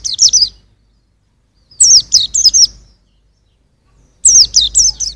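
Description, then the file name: White-eye song: three short bursts of high, thin, rapidly slurred chirping notes, separated by brief silences. "suara burung pleci usro"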